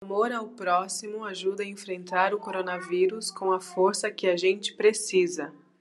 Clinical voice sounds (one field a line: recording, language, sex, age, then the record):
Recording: spoken sentence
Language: Brazilian Portuguese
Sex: female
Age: 30 to 39 years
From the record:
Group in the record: control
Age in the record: 35 years